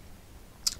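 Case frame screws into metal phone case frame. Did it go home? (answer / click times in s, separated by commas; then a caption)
partly / 0.7 s. The small screws of a Fusionwerkz RAW case for the iPhone 4 are driven into the metal case frame only until they stop and offer a little resistance, with a single sharp click at 0.7 s. The screws are snug, but the frame is not fully seated and still shows a gap before the final tightening.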